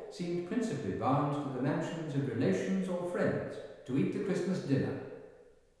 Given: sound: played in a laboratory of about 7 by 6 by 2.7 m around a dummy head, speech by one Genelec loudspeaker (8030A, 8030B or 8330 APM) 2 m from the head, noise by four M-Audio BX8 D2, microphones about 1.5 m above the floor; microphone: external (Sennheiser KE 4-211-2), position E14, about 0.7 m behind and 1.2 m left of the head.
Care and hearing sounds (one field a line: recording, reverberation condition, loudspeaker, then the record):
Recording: male speech in English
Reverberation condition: high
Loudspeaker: behind (180 degrees)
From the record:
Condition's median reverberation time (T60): about 1300 ms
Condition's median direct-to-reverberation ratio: about -4.0 dB